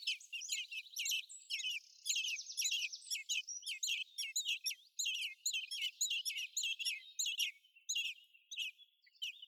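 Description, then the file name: Common blackbird calls: rapid, high, downslurred chirps repeated almost continuously, with a brief buzzy trill near two seconds. "Turdus merula"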